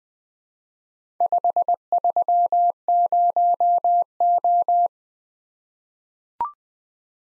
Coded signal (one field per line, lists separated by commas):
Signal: Morse code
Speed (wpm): 20 wpm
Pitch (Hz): 700 Hz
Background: none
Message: 530O